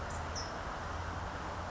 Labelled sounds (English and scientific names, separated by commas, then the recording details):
California Towhee (Melozone crissalis)
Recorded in Sonoma County, California